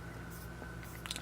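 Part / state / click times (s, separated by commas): mainspring slipping bridle inside a mechanical chronograph watch, wound via the crown / torque reached / 1.1 s, 1.2 s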